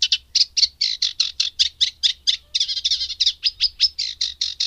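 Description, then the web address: Eurasian reed warbler giving a steady, jerky chatter of rapid, scratchy notes. "agykontroll Madardalok Cd 3. Cserregő nádiposzáta"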